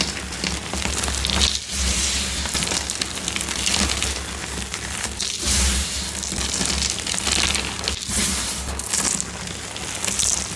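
Chalk bombs filled with epsom salt are crushed in a dense, continuous crackling crunch, like gritty rain on a surface. The grinding holds steady with a faint low hum underneath, broken by brief pauses near 1.5, 5.5 and 8 seconds before resuming.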